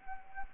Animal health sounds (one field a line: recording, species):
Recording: mosquito wingbeat signal from an infrared sensor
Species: Anopheles arabiensis